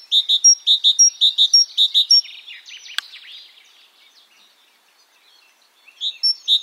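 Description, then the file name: Great tit singing a bright, see-sawing two-note phrase repeated several times, a sharp click, quiet twittering, then the phrase begins again. "Parus major"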